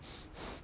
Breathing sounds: one breath in and out by a microphone near the nose and mouth; strong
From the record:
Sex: male

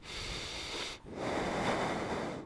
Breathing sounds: one breath in and out by a microphone near the nose and mouth; deep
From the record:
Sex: male

